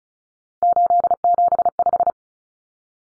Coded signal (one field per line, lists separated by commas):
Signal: Morse code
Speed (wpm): 34 wpm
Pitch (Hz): 700 Hz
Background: none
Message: 875